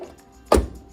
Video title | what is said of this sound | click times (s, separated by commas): Part 1 - Mastering Art of Bread Making: Perfect Loaf Using Your Bread Machine - Mama Metas Cooking | okay so there you go that's the snap | 0.5 s